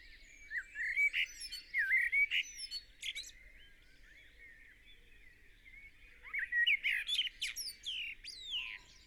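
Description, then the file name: Eurasian blackbird: mellow, flute-like warbling from a Eurasian blackbird, two phrases each closing with thin, high twittering notes. "Turdus merula"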